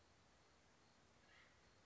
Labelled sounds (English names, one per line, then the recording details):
Acorn Woodpecker
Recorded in Sonoma County, California